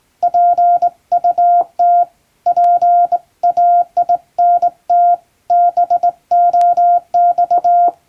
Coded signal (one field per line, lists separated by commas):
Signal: Morse code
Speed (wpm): 20 wpm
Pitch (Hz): 700 Hz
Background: none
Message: PUT PAINT BOX